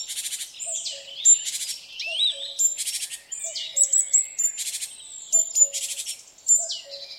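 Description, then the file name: Great tit calls: loud buzzy rattles interleaved with sharp whistles and slurred high notes, plus a steady low two-note call in the background. "Parus major"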